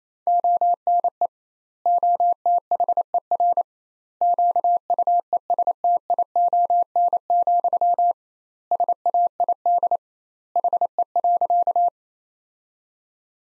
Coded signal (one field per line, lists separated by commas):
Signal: Morse code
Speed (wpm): 27 wpm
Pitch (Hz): 700 Hz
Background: none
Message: ONE OTHER QUESTION, SAID HE.